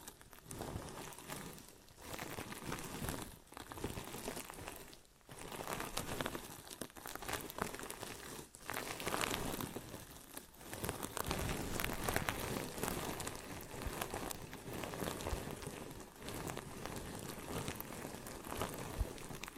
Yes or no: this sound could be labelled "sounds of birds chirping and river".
no